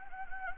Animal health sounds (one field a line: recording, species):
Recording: mosquito wingbeat signal from an infrared sensor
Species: Anopheles gambiae